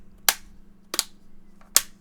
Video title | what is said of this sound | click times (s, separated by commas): Tutorial on How to Replace the Battery or Screen in a Garmin DriveSmart 50 LMTHD 50LM 50 LMT | and snap it in in place | 0.3 s, 1.8 s